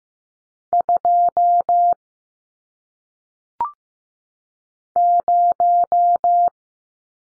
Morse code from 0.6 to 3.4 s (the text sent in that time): 2